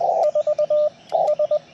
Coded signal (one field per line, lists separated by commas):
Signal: Morse code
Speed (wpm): 19 wpm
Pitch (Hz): 590 Hz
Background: none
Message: 4 S